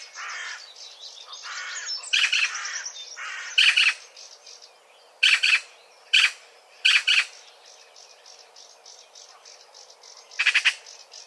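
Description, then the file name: Eurasian magpie uttering a series of harsh, clipped rattling notes, some paired and some in groups, with softer bird twitters in the background. "Pica pica"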